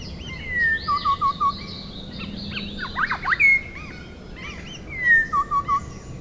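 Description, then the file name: Rufous shrikethrush song: a drawn-out whistle followed by a quick trill of three or four notes, heard twice, with louder notes in between. "Colluricincla Rufogaster"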